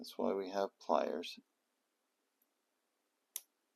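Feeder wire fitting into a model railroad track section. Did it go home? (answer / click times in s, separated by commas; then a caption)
yes / 3.4 s. Someone talks, then pliers press a stiff plastic/metal feeder-wire fitting back into place on a model railroad track section. A faint tick comes at 2.4 s, then a short, sharp snap at 3.4 s as the feeder clip seats back into place.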